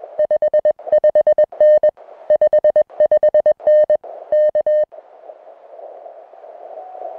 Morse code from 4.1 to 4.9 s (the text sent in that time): K